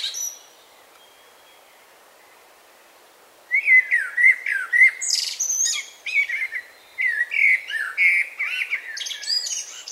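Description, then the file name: Common blackbird song: after about three quiet seconds, mellow fluted phrases followed by high squeaky twittering flourishes, repeated in short bursts with brief pauses. "Turdus merula"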